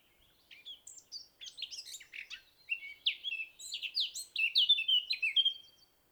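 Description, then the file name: Eurasian blackcap song beginning as quiet jumbled chirps, then building into louder, purer fluting notes. "Sylvia atricapilla"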